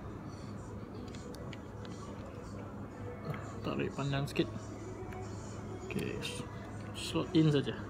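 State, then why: Not seated. The repaired trigger switch assembly of an SKD M4SS gel blaster, with its soldered wires, is handled and guided toward its slot in the plastic blaster receiver while someone talks. Faint handling ticks come through over steady background hum. Nothing has seated or clicked into place yet.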